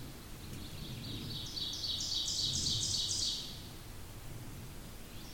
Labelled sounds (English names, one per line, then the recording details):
Ovenbird song
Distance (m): 35 m
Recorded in boreal forest in Alberta, Canada, on 8 June 2016 at 08:22
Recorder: SongMeter 3, array SBT-3-9
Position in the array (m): 52 m, 106 m
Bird 33